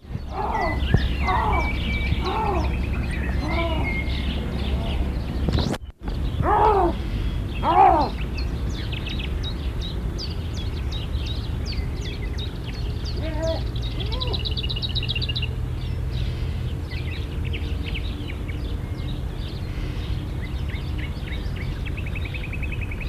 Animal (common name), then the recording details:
Canadian Lynx. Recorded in captivity. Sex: pair. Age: adult. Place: Zoopark Erfurt, Thüringen, DE. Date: 1972-05-19 15:05. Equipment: Uher 4200 Report Stereo, Sennheiser MD 421, Tesla-Verstärker. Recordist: Tembrock, Günter